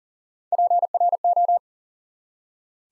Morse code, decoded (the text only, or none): PRO